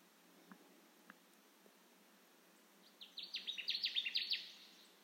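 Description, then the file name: Connecticut warbler: after a few faint clicks, a rapid string of strong downward-sweeping notes builds in loudness over roughly one and a half seconds. Recorded 10 June 2021. "2021-06-10 Connecticut Warbler"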